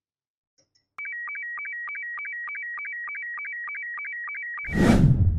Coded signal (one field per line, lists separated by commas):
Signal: SSTV (slow-scan television)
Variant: Robot 72